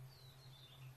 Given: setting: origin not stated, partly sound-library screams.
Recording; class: one-second piece from a danger detection set; normal situation